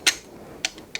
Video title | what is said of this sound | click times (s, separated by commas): Spearfishing 101 - Reloading an Enclosed Track Speargun | there you go clicked in | 0.1 s